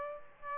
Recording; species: mosquito wingbeat signal from an infrared sensor; Aedes aegypti